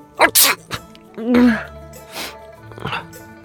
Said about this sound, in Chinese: 突然连着打了三个喷嚏。